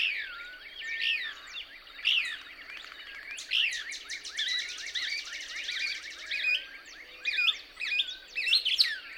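Couch's Kingbird song: continuous busy chatter of high, rising and falling chirps, with a rapid buzzy stretch midway and a few low whistles.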